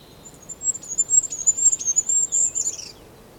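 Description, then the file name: Goldcrest song: a rapid string of very high, thin, wavering notes lasting about two and a half seconds, ending in a quick falling flourish. Song; Europe. "Wintergoldhaehnchen Gesang Voegel in Europa"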